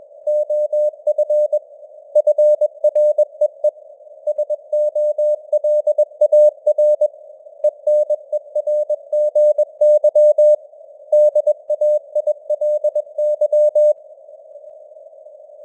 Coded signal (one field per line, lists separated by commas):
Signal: Morse code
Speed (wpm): 21 wpm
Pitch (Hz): 600 Hz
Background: none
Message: OF FREE SOLAR ENERGY DAILY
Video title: Morse Code News | 2025-11-04 | 21wpm